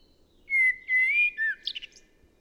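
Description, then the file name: Common blackbird phrase: clear fluted whistles near one pitch, a short downslurred note, then a few high scratchy twittering notes at the end. "Turdus merula"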